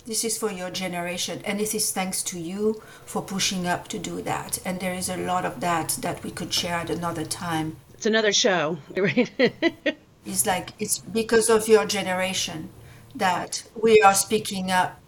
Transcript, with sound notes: This is for your generation, and this is thanks to you for pushing us to do that, and there is a lot of that that we could share at another time.
It’s another show, right? (laughs)
It’s like, it’s because of your generation that we are speaking up.